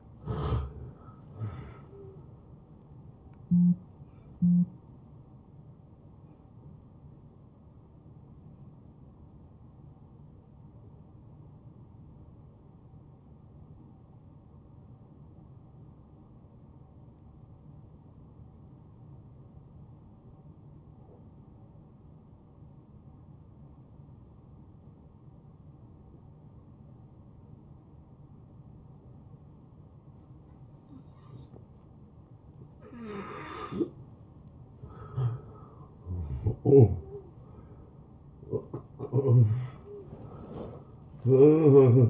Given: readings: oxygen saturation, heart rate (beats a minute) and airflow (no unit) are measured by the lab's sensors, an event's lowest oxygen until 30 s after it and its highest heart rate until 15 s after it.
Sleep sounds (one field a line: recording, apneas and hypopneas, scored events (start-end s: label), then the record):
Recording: breathing in sleep by a smartphone at the bedside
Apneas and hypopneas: 1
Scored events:
9.00-35.50 s: hypopnea (N1, oxygen 92% highest, then 83% lowest)
From the record:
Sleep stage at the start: N1 (lightest sleep)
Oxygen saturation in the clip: 76 to 92%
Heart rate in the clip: 71 to 82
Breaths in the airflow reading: 4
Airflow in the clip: -21.5 to 9.3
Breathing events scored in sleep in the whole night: 263 in 5.5 hours asleep